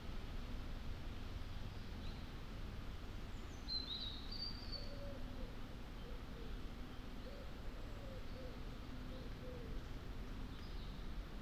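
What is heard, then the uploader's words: A slow forest in the Wyre valley, with a steady low rumble running under the whole clip. Faint high bird chirps come around four to five seconds and again near the end, and soft low calls repeat between five and ten seconds. We captured this hour of forest time by leaving the Lento mics alone on an old tree last month deep in the Wyre Forest in Worcestershire. Slow forest Wyre valley.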